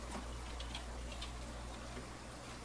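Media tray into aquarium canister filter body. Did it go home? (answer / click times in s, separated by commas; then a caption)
no / none. Plastic media trays are being handled and stacked into the body of an Aquatop CF500UV aquarium canister filter during routine service. Light plastic ticks sound over a steady low hum, with a slightly sharper tick near 0.8 s. Nothing has seated or clicked into place yet.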